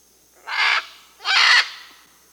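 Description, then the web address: Scarlet macaw calling with two loud, grating screeches about a second apart, broad and raspy in tone. Amazon, Peru, South America. "S America Birds of the Amazon. Scarlet Macaw (Ara macao), Peru"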